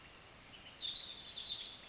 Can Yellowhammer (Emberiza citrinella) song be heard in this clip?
no